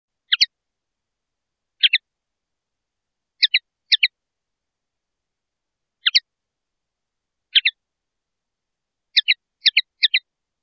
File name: El canto del pardillo